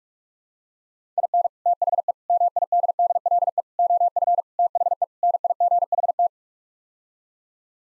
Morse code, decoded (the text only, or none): IN THE MIDDLE OF THE NIGHT